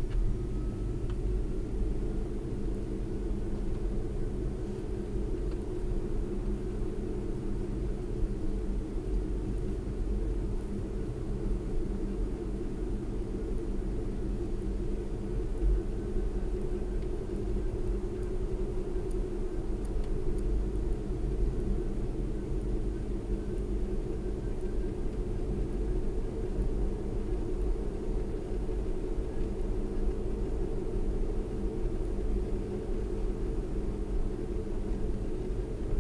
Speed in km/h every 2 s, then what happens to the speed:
34, 39, 39, 39, 39, 40, 39, 40, 42, 40, 40, 40, 42, 45, 44, 44, 44, 42.
4-36 steady at about 40.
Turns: none.